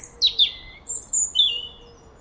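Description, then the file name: European robin with a brief sequence of piercing high notes: two quick falling slurs, then a pair of sustained thin whistles at different pitches. "Erithacus rubecula"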